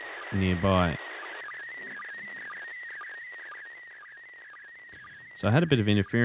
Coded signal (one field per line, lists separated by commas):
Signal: SSTV (slow-scan television)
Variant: PD 120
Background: speech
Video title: Using a RTL SDR Dongle to receive pictures from the ISS! | Software Defined Radio